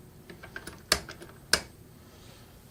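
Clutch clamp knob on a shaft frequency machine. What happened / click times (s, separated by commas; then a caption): The clamp knob's clutch slipped twice, signalling it reached set torque / 0.9 s, 1.5 s. A golf club shaft is clamped into a shaft frequency machine, and the clutch clamp knob is tightened to two clicks. Two sharp clicks ring out at 0.9 s and 1.5 s over faint light tapping and handling noise. The clamp is confirmed torqued at two clicks.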